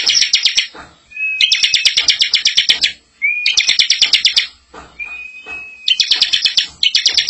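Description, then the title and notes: Bar-winged prinia song, fast scratchy trills repeated in long bursts, mixed with brief clear whistles that slide upward or hold steady. Ciblek singing in the ngebren style, used as a tutor recording for training a white-rumped shama. "Ciblek Ngebren Untuk Masteran Murai Batu. Suara burung ciblek - Suara Nada"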